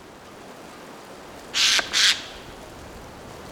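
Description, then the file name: Eurasian jay call: a pair of loud, noisy screeches close together, followed by quiet background hiss. "Garrulus glandarius"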